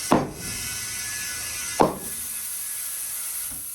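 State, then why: Seated. A small lawn mower tire, lubricated with dish soap, is inflated on a tire machine under a steady hiss of air. Its rubber bead pops onto the metal rim with sharp bangs at 0.1 and 1.8 seconds, and the bead is seated.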